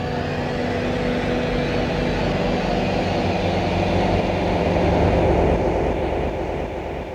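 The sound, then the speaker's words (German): A steady, loud mechanical rumble with a low droning hum, swelling slightly toward the end as a train pulls away, with no voices present. “Die Leute stiegen mit ihren persönlichen Träumen in die Züge.”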